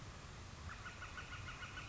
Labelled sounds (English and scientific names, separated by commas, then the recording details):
Northern Flicker (Colaptes auratus)
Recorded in Sonoma County, California